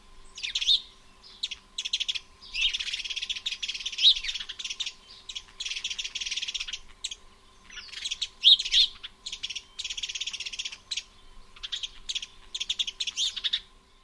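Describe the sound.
House sparrow chirping, dense bursts of rapid buzzy chirps and chatter in irregular runs with short pauses, a faint steady hum underneath.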